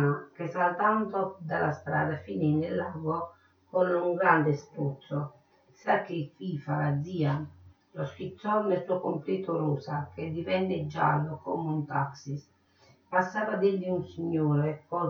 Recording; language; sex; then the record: read passage; Italian; female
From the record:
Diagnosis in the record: Parkinson's disease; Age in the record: 63 years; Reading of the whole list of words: 61 s, 4.6 characters per second